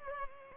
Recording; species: mosquito wingbeat signal from an infrared sensor; Culex pipiens